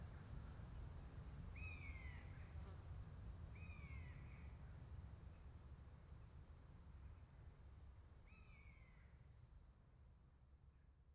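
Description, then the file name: Buzzard-type mewing, three faint falling cries partly masked by a steady low rumble. A pair of buzzards. "jl buzzard pair"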